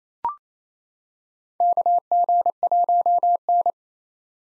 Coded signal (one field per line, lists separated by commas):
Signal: Morse code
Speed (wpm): 28 wpm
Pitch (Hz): 700 Hz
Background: none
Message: KG1N